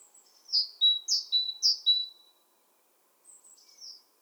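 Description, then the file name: Great tit call: a quick run of high, sharp notes, about three pairs of a buzzier slur and a thin whistle, then a fainter short burst. "Parus major"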